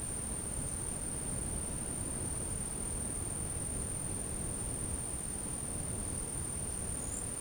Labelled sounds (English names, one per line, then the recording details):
none
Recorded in dense forest near Puerto Asís, Putumayo, Colombia, on 20 February 2024 at 12:00
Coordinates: 0.486, -76.316
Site G6437